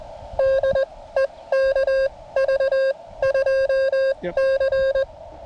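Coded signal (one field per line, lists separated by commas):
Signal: Morse code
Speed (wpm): 20 wpm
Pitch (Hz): 540 Hz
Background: none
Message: DE KV2C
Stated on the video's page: CW Parks on the Air activation with a Venus SW-3B under rough band conditions.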